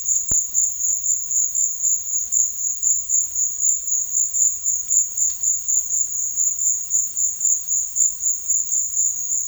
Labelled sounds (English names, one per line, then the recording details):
none
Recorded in secondary vegetation near Puerto Asís, Putumayo, Colombia, on 12 March 2025 at 15:30
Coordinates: 0.499, -76.323
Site G094